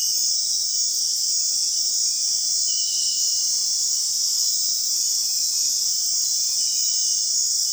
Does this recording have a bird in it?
no